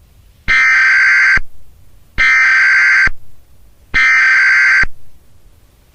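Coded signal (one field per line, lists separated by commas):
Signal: Emergency Alert System (SAME) tones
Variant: header bursts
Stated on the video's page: Fictional EAS simulation about a wildfire disaster; not a real alert.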